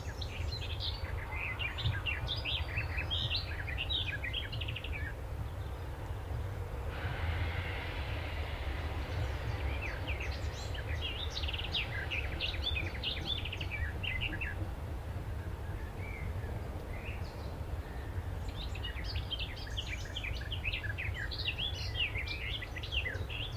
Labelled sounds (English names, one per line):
Willow Warbler